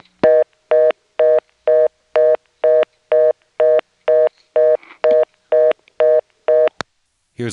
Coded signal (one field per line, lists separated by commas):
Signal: telephone call progress tone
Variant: North America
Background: speech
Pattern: reorder tone